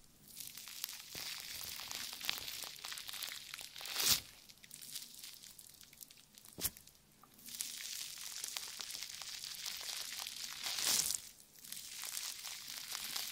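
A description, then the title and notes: Jelly squelches and crackles in dense, bright wet clicks, with sharper splats near four and eleven seconds and a quieter lull around six. ASMR Stress Relieving Jelly Sounds For Sleep.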